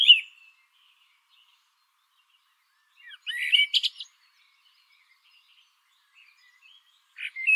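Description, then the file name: Common blackbird with a short high note at the start, a burst of high twittering in the middle, then another brief phrase at the end, with long quiet gaps between. "Turdus merula"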